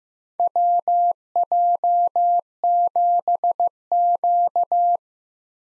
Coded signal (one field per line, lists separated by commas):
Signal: Morse code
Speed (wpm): 15 wpm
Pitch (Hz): 700 Hz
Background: none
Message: WJ7Q